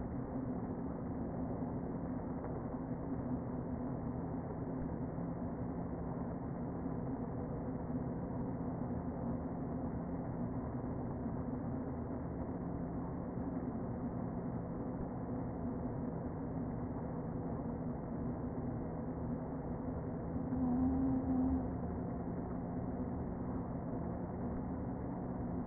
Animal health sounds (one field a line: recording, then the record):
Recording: honeybee colony, microphone inside the hive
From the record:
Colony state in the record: queen present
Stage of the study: before two queens were removed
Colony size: about 60,000 bees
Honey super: yes